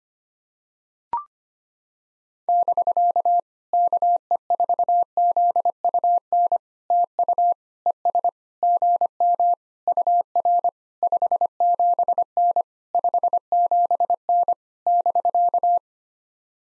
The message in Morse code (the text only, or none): <BK> KE4ZUN TU ES GM UR 57N 57N <BK>